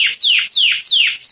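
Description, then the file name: Canary song phrase of repeated high notes sweeping steeply downward, about three per second, clear and loud. "Canary Voice"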